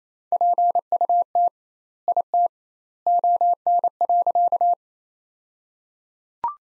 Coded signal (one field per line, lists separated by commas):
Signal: Morse code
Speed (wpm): 28 wpm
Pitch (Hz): 700 Hz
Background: none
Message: PUT IT ON.